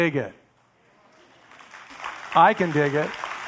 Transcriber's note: applause